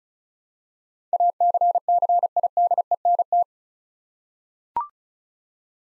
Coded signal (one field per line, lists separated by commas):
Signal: Morse code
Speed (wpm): 36 wpm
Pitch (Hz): 700 Hz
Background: none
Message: ACCIDENT